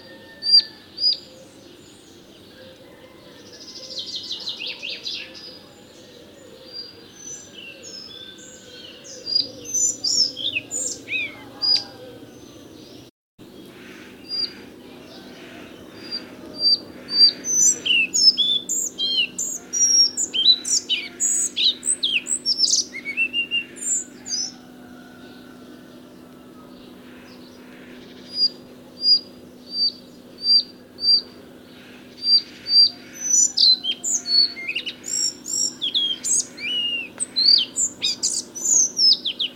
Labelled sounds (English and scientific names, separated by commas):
Collared Flycatcher (Ficedula albicollis) song